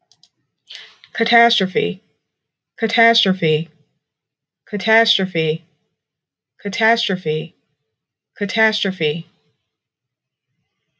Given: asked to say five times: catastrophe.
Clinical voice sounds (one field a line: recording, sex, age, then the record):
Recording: repeated word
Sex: female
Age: 40 to 49 years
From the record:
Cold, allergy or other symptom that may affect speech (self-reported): no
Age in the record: 42 years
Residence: Illinois, United States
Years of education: 14